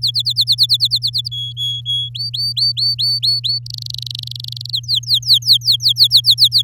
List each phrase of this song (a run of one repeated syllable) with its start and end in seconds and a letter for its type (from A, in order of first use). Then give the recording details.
0.02-1.28 A, 1.31-2.09 B, 2.15-3.59 C, 3.66-4.71 D, 4.73-6.62 E. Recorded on 10 May 2018 at 06:02. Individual llb16